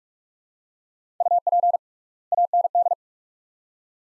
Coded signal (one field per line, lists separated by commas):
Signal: Morse code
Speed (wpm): 46 wpm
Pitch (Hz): 700 Hz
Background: none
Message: UP AND